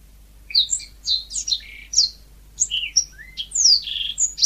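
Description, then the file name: Sanma bird song: scattered high chirps and short whistled slurs of varied pitch, broken by brief pauses. "suara burung sanma"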